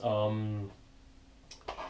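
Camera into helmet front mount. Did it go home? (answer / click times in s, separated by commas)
yes / 1.5 s, 1.7 s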